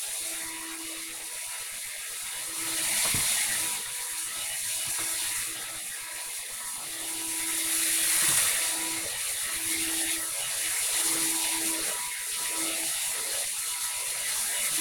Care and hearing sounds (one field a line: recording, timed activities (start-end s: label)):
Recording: household activities, microphone on the right wrist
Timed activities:
0.00-14.81 s: vacuum cleaning